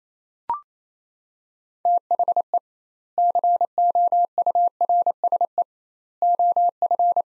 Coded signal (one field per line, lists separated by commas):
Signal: Morse code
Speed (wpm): 28 wpm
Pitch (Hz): 700 Hz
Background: none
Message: THE COURSE OF